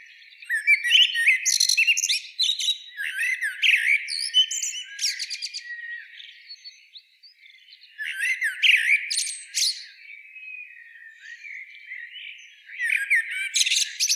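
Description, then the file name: Common blackbird calls: bursts of sharp, high chirps and harsh squawking notes, with quieter twittering between bursts and a fresh flurry near the end. "Turdus merula"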